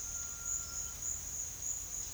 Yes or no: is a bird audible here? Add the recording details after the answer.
yes. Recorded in secondary vegetation near Puerto Asís, Putumayo, Colombia, on 29 June 2025 at 10:30. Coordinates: 0.498, -76.327. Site GP09